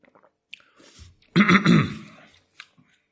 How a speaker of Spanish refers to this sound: Un traguito de agua.